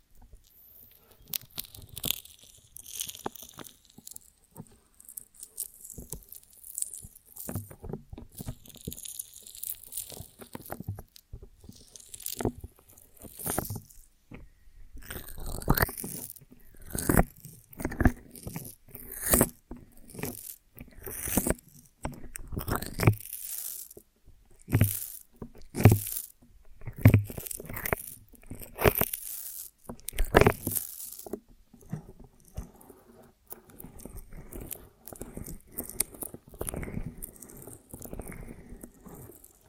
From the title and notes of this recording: ASMR of a Honeycomb on Branch (No Talking).